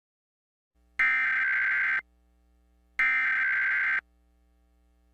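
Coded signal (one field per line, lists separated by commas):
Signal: Emergency Alert System (SAME) tones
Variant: header bursts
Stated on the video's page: Mock, simulated EAS National Periodic Test.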